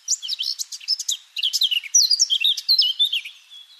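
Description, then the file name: Eurasian blackcap singing a dense, rapid warble of varied chirps and slurred notes without pause. "Sylvia atricapilla"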